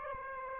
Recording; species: mosquito wingbeat signal from an infrared sensor; Aedes aegypti